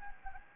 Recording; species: mosquito wingbeat signal from an infrared sensor; Anopheles gambiae